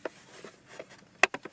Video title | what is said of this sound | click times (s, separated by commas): Yatour Digital Music Changer - Installation 2004 Acura TSX | and snap it in that's it once it's snapped in the glove compartment won't fall out | 1.2 s